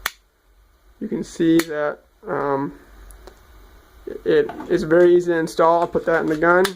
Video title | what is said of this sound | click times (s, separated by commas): S&W M&P 22 Compact High Capacity Magazine Modification 12+1 | slide the base pad up until it snaps and you're good to go | 0.1 s